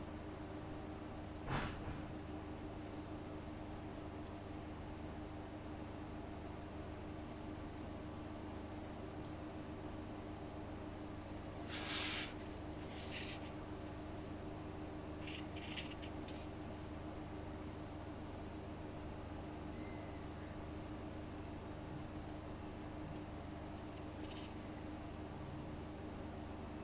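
Someone reads a book's introduction and copies out a memorable passage by hand. A steady low hum runs throughout. A sharp tap comes near the start, and brief bright scratching or rustling bursts appear around 12, 13, 15–16 and 24 seconds.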